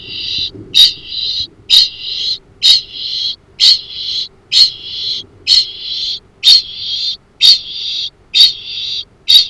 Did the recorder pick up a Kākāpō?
yes